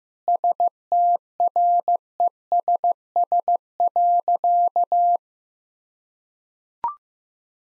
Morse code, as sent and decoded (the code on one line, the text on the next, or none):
... - .-. . ... ... .-.-.-
STRESS.